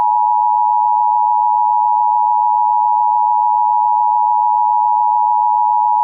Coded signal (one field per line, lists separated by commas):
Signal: Emergency Alert System (SAME) tones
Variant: 853 and 960 Hz attention tone